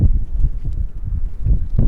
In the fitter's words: Pull it across your body and make sure you hear the click.